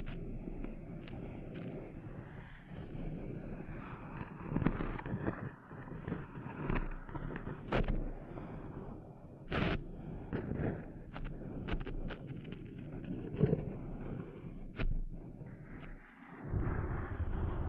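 Sand being cleaned out of ears: a dense, muffled rumble of rubbing and scraping fills the whole clip, thick in the low end. Sharp scratchy crackles and clicks cut through every second or two, with stronger ones near 5, 8, 10, 13 and 15 seconds.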